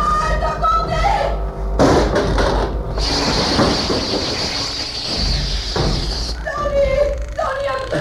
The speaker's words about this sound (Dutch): Ze gooit een stoel!